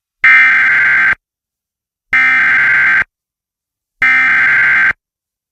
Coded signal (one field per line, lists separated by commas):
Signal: Emergency Alert System (SAME) tones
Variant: header bursts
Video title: Yauco, Puerto Rico EAS (Flash Flood Warning) 5/1/25